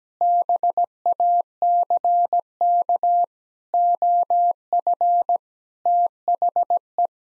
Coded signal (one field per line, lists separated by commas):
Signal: Morse code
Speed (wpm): 17 wpm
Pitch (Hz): 700 Hz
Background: none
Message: BACK OF THE